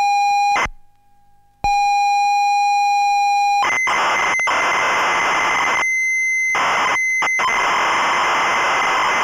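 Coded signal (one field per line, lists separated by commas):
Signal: ZX Spectrum tape loading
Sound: a steady buzzy lead tone, a short silence, then harsh screeching data noise with breaks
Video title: ZX Spectrum Code on 'XL1' by Pete Shelley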